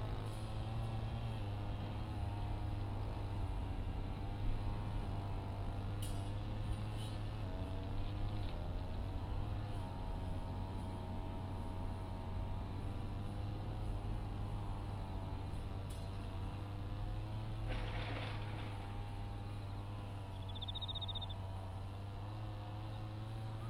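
A brush cutter drones steadily while weeds are cut between sweet potato rows, its low engine hum holding an even pitch that wavers only slightly. A few faint clicks come near the start and middle, a brief swishing burst around eighteen seconds, then a short chirp.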